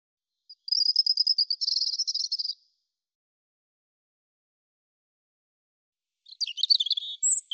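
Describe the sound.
European robin song: a steady buzzy trilled phrase lasting about two seconds, then after a pause a quick phrase of sliding, twittering high notes.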